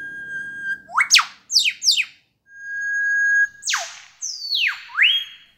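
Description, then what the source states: Superb Lyrebird imitating an eastern whipbird: a long steady whistle followed by sharp whip-crack notes sweeping steeply, heard twice. Male superb lyrebird imitating an eastern whipbird, played after the original whipbird; found in Australian forests; males sing to attract mates.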